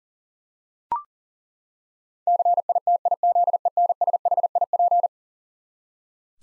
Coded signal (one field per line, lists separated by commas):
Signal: Morse code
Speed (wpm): 40 wpm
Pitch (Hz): 700 Hz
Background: none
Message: CITIZENSHIP